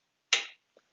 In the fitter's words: don't do this left-handed, but you listen for a click,